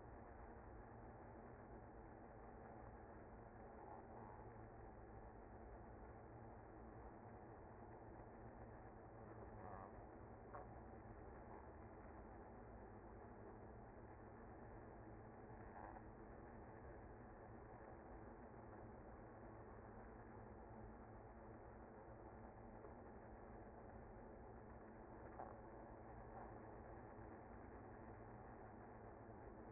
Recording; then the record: honeybee colony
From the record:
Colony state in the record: active